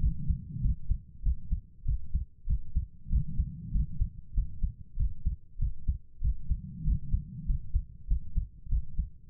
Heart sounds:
heart sounds by stethoscope; 97 bpm
0.60 s: heartbeat
1.21 s: heartbeat
1.84 s: heartbeat
2.45 s: heartbeat
3.08 s: heartbeat
3.70 s: heartbeat
4.33 s: heartbeat
4.95 s: heartbeat
5.57 s: heartbeat
6.20 s: heartbeat
6.83 s: heartbeat
7.45 s: heartbeat
8.06 s: heartbeat
8.68 s: heartbeat
9.29 s: heartbeat
From the record:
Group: healthy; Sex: female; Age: 32 years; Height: 172 cm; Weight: 71.7 kg

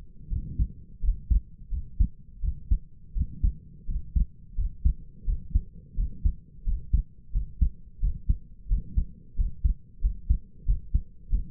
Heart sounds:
heart sounds by stethoscope; 87 bpm
0.30 s: heartbeat
1.01 s: heartbeat
1.70 s: heartbeat
2.41 s: heartbeat
3.14 s: heartbeat
3.87 s: heartbeat
4.56 s: heartbeat
5.25 s: heartbeat
5.96 s: heartbeat
6.64 s: heartbeat
7.32 s: heartbeat
8.00 s: heartbeat
8.68 s: heartbeat
9.36 s: heartbeat
10.01 s: heartbeat
10.65 s: heartbeat
11.29 s: heartbeat
From the record:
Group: healthy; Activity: rest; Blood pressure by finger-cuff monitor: 103/65 mmHg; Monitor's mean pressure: 77 mmHg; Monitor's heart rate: 85 bpm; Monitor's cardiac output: 6.4 L/min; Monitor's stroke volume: 75 mL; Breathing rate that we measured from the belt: 21 breaths a minute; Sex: male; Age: 22 years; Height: 181 cm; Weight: 60 kg

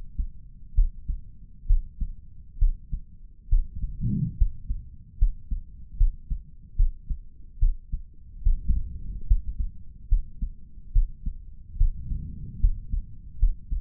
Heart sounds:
heart sounds by stethoscope; 71 bpm
0.74 s: heartbeat
1.66 s: heartbeat
2.58 s: heartbeat
3.49 s: heartbeat
4.37 s: heartbeat
5.18 s: heartbeat
5.97 s: heartbeat
6.76 s: heartbeat
7.59 s: heartbeat
8.43 s: heartbeat
9.27 s: heartbeat
10.08 s: heartbeat
10.92 s: heartbeat
11.77 s: heartbeat
12.60 s: heartbeat
13.39 s: heartbeat
From the record:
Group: healthy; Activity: rest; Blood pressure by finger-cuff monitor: 124/76 mmHg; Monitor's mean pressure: 95 mmHg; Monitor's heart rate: 71 bpm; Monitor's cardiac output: 5.5 L/min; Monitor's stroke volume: 79 mL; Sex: male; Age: 35 years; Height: 178 cm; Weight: 64 kg

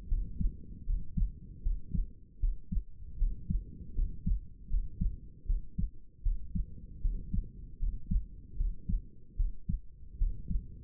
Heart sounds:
heart sounds by stethoscope; 77 bpm
0.08 s: heartbeat
0.85 s: heartbeat
1.62 s: heartbeat
2.39 s: heartbeat
3.17 s: heartbeat
3.94 s: heartbeat
4.69 s: heartbeat
5.46 s: heartbeat
6.22 s: heartbeat
7.01 s: heartbeat
7.79 s: heartbeat
8.56 s: heartbeat
9.36 s: heartbeat
10.17 s: heartbeat
From the record:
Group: healthy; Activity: rest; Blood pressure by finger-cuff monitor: 112/78 mmHg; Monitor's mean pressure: 85 mmHg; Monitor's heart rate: 77 bpm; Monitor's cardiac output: 6.1 L/min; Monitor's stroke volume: 79 mL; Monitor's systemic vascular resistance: 1000 dyn s/cm5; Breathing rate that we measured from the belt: 17 breaths a minute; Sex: male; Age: 35 years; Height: 180 cm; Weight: 86.9 kg

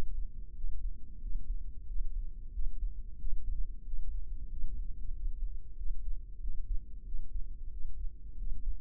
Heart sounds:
heart sounds by microphone in the left ear; 92 bpm
0.57 s: heartbeat
1.23 s: heartbeat
1.88 s: heartbeat
2.54 s: heartbeat
3.20 s: heartbeat
3.86 s: heartbeat
4.51 s: heartbeat
5.15 s: heartbeat
5.78 s: heartbeat
6.42 s: heartbeat
7.07 s: heartbeat
7.72 s: heartbeat
8.39 s: heartbeat
From the record:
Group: healthy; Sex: male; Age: 21 years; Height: 175 cm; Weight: 72.6 kg

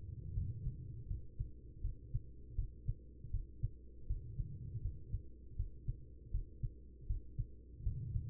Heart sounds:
heart sounds by stethoscope; 80 bpm
0.33 s: heartbeat
1.07 s: heartbeat
1.81 s: heartbeat
2.55 s: heartbeat
3.30 s: heartbeat
4.06 s: heartbeat
4.81 s: heartbeat
5.56 s: heartbeat
6.31 s: heartbeat
7.06 s: heartbeat
7.82 s: heartbeat
From the record:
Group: healthy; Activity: rest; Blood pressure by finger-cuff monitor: 88/65 mmHg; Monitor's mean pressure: 74 mmHg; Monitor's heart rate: 80 bpm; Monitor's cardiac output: 5.2 L/min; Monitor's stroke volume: 65 mL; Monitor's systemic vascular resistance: 1040 dyn s/cm5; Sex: female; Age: 43 years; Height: 160 cm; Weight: 90 kg

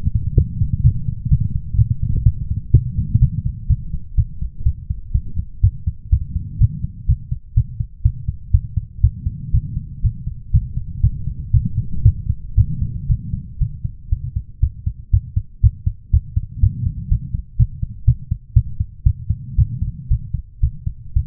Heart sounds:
heart sounds by stethoscope; 121 bpm
0.35 s: heartbeat
0.82 s: heartbeat
1.29 s: heartbeat
1.76 s: heartbeat
2.24 s: heartbeat
2.72 s: heartbeat
3.20 s: heartbeat
3.68 s: heartbeat
4.16 s: heartbeat
4.64 s: heartbeat
5.13 s: heartbeat
5.62 s: heartbeat
6.11 s: heartbeat
6.59 s: heartbeat
7.07 s: heartbeat
7.55 s: heartbeat
8.03 s: heartbeat
8.52 s: heartbeat
9.02 s: heartbeat
9.52 s: heartbeat
10.02 s: heartbeat
10.52 s: heartbeat
11.01 s: heartbeat
11.52 s: heartbeat
12.03 s: heartbeat
12.56 s: heartbeat
13.07 s: heartbeat
13.59 s: heartbeat
14.10 s: heartbeat
14.61 s: heartbeat
15.11 s: heartbeat
15.61 s: heartbeat
16.11 s: heartbeat
16.61 s: heartbeat
17.09 s: heartbeat
17.57 s: heartbeat
18.05 s: heartbeat
18.54 s: heartbeat
19.04 s: heartbeat
19.56 s: heartbeat
20.09 s: heartbeat
20.61 s: heartbeat
21.14 s: heartbeat
From the record:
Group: healthy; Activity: light exercise 0-5 s, rest 5-21 s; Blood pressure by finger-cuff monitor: 126/68 mmHg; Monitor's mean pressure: 86 mmHg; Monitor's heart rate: 121 bpm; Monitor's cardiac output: 10.4 L/min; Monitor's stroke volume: 86 mL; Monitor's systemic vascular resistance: 620 dyn s/cm5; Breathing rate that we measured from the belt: 19 breaths a minute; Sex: female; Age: 24 years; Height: 163 cm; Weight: 55.7 kg

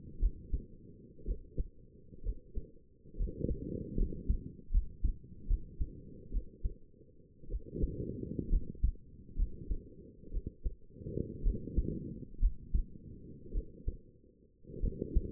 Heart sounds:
heart sounds by stethoscope; 62 bpm
0.20 s: heartbeat
1.26 s: heartbeat
2.24 s: heartbeat
3.17 s: heartbeat
3.97 s: heartbeat
4.72 s: heartbeat
5.48 s: heartbeat
6.32 s: heartbeat
7.49 s: heartbeat
8.50 s: heartbeat
9.37 s: heartbeat
10.32 s: heartbeat
11.43 s: heartbeat
12.40 s: heartbeat
13.52 s: heartbeat
14.81 s: heartbeat
From the record:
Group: healthy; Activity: rest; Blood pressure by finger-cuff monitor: 106/65 mmHg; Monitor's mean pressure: 76 mmHg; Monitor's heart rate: 64 bpm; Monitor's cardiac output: 5.6 L/min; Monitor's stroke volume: 88 mL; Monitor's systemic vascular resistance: 910 dyn s/cm5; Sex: female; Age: 28 years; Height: 170 cm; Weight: 77 kg

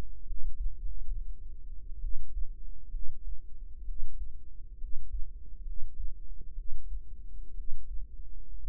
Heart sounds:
heart sounds by microphone in the right ear; 65 bpm
0.22 s: heartbeat
0.76 s: heartbeat
1.99 s: heartbeat
2.88 s: heartbeat
3.83 s: heartbeat
4.75 s: heartbeat
5.61 s: heartbeat
6.52 s: heartbeat
7.52 s: heartbeat
8.59 s: heartbeat
From the record:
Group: healthy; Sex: female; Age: 22 years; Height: 171 cm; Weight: 65.6 kg

